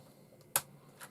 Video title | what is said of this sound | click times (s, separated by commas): 4M kidz labs, DIY build a robotic table crab, | click into place it | 0.6 s